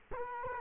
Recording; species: mosquito wingbeat signal from an infrared sensor; Culex quinquefasciatus